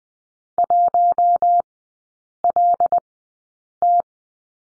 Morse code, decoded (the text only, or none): 1LT